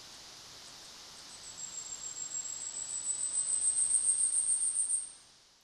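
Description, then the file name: Asian stubtail's hissing, cricket-like string of high pulses, starting faint and growing louder over about three and a half seconds before ending abruptly, over a soft background hiss. Recorded at Tanzawa, Japan, on 26 May 2006. "yabusame tanzawa"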